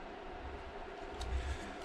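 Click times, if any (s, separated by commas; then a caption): none. A small internal part, likely a flex connector, is lined up in the screen assembly of an iPad mini 5 during a screen replacement and is only positioned, not yet pressed in. A steady low rumble fills the clip, with slightly louder low-frequency bumps around 1.2 to 1.5 seconds. Nothing has seated or clicked yet.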